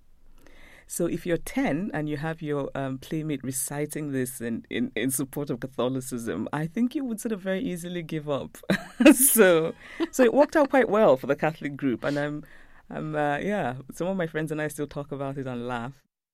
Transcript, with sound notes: So if you're 10, and you have your playmates reciting this in support of Catholicism, I think you would sort of very easily give up.
(LAUGHTER)
So it worked out quite well for the Catholic group and yeah, some of my friends and I still talk about it and laugh.